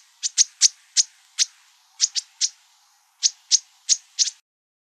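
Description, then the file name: Bewick's wren calls: short sharp high notes given singly and in quick pairs, about a dozen in bursts with brief pauses between groups. Calls, Arizona, 24 March 2002. "BEWR CALLS 1 deviche"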